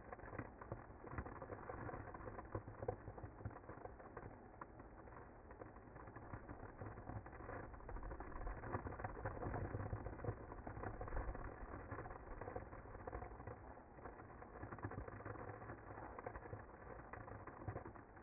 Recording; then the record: honeybee colony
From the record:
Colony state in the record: active